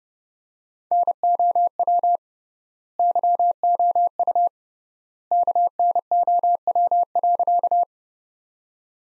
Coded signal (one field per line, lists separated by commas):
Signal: Morse code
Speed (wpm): 32 wpm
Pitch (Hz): 700 Hz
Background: none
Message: NOW YOU KNOW.